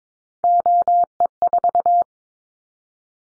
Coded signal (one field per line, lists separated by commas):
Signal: Morse code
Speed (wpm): 22 wpm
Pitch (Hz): 700 Hz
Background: none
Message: OE4